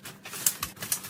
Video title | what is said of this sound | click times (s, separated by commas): What Will Secure A Pop Up Tent In Sand And Grass / Party Rental Company Canopy Mounting Hacks | you can see that it's clicked in there now | 0.5 s